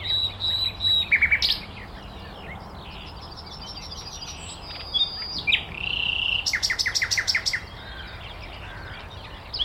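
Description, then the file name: Common nightingale song: pure whistled notes, softer varied notes, then a fast run of sharp repeated clicks. "Luscinia megarhynchos"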